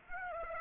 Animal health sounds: mosquito wingbeat signal from an infrared sensor; Aedes aegypti

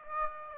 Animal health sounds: mosquito wingbeat signal from an infrared sensor; Aedes aegypti

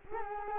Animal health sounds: mosquito wingbeat signal from an infrared sensor; Culex quinquefasciatus

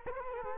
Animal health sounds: mosquito wingbeat signal from an infrared sensor; Culex quinquefasciatus

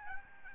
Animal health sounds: mosquito wingbeat signal from an infrared sensor; Aedes albopictus

